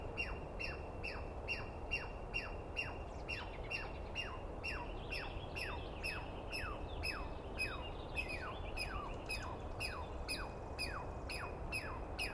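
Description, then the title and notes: Douglas squirrel screaming a long run of harsh, downslurred notes that crowd together midway. Heard at dawn on the morning of 21 April 2017 in the East Cascades, screaming and calling for a good while after startling the recordist awake; identified by sound, not clearly seen. "Interview With The Chipmunk. On the morning of 21 April, 2017, I set up my microphones and recorder for a nice dawn recording in the East Cascades. I was started awake by a screaming Douglas Pine Squirrel"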